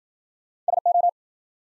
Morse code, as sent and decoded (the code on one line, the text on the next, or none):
... ---
SO